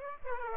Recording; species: mosquito wingbeat signal from an infrared sensor; Aedes aegypti